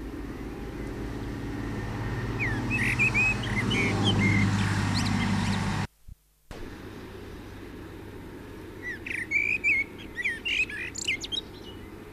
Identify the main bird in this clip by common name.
Common Blackbird